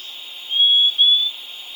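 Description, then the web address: Purple-throated euphonia call: two thin, level whistled notes in quick succession. Recorded in Ecuador. "Birds of Ecuador. Purple-throated Euphonia"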